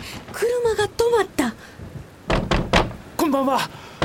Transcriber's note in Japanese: 戸をドンドン叩く